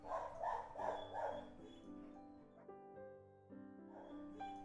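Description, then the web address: Dog barking four times in quick succession at the start, then steady humming tones carry on alone with a faint bark near the end. Recorded inside a dog boarding house. "sound dog-boarding-house. صدای-فضای-داخلی-پانسیون-سگها"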